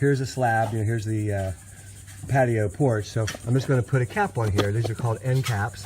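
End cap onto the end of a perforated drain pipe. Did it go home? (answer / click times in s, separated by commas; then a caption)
no / none. A plastic end cap is handled at the open end of a corrugated, perforated drain pipe in a trench while someone talks, with a brief quieter pause around 1.5 to 2.3 seconds. Nothing has seated or clicked yet; the cap has not snapped on.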